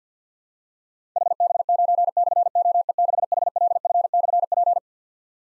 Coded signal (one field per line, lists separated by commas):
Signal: Morse code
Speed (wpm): 52 wpm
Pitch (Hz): 700 Hz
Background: none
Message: HB9/OE6HLF/P